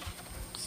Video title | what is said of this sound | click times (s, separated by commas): VW/Audi 2.0T TSI PCV Valve Replacement | it is simply just pull up you'll hear it pop a couple times there's | 0.6 s